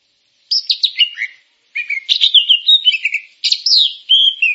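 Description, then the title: Grey-cheeked bulbul singing three quick phrases of chattering, slurred whistled notes, with silence between them. "Kicau Burung Cucak Jenggot"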